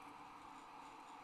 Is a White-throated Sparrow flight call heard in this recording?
no